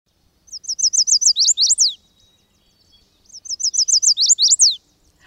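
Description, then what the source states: Chestnut-sided warbler song, two bright phrases of quick repeated high notes ending in louder downslurred accents. Recorded 12 June 2000, in summer.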